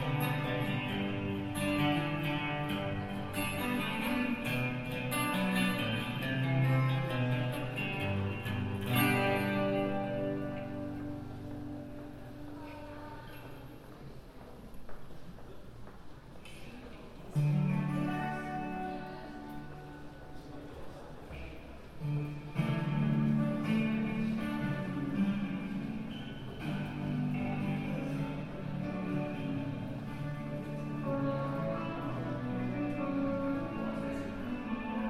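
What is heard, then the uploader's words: A walk around London on New Year's Eve, with a dense, steady crowd murmur and music-like tones running throughout. Bursts of louder activity and sharp clicks cluster in the first ten seconds, the sound thins briefly around fifteen seconds, then swells again with voices from about seventeen seconds onward. A walk around London, new years eve.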